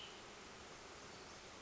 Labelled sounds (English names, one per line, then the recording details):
Cassin's Vireo
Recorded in Sonoma County, California